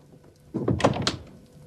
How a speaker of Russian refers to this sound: Закройся дверь